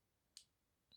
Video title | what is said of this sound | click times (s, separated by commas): The il Magnifico Black Marble - Visconti's new Grail Pen? | and it clicks into place. | 0.4 s